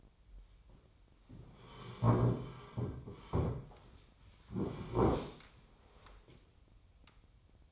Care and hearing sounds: daily activity, microphone in the room; sit down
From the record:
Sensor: 1

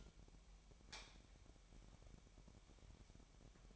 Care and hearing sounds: daily activity, microphone in the room; light on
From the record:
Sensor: 1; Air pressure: 1012.0 hPa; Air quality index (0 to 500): 233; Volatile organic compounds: 6 ppm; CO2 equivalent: 1853 ppm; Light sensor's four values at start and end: 15/35/15/17 and 18/50/20/22

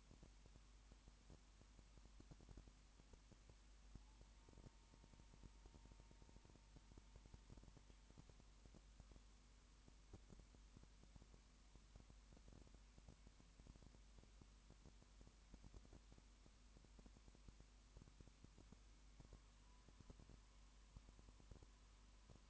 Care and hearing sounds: daily activity, microphone in the room; no activity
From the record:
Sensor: 1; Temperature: 19.2 degrees Celsius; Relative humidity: 37.8%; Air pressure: 1001.1 hPa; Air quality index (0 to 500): 197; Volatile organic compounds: 7 ppm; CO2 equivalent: 1995 ppm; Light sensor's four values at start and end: 1/2/1/1 and 1/2/1/1

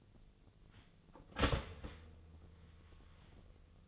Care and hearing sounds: daily activity, microphone in the room; start toaster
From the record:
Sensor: 4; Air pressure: 1010.2 hPa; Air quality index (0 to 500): 178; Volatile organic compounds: 5 ppm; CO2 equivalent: 1796 ppm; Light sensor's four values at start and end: 23/70/27/27 and 24/71/28/28

